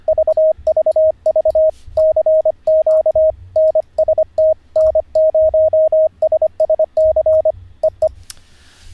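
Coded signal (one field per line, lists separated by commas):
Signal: Morse code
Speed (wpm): 25 wpm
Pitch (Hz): 630 Hz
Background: radio noise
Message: VVV CQ NST N0SSC E E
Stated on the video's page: Live Morse code learning session, day 44 of a lesson series.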